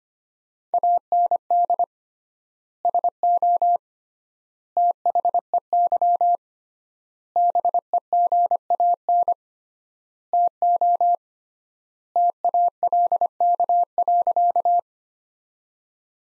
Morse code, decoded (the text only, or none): AND SO THEY BEGAN TO TALK.